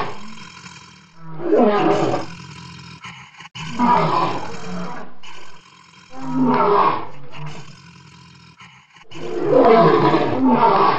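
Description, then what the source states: Lion roaring in four long, rough bursts separated by quieter gaps. Caged lion.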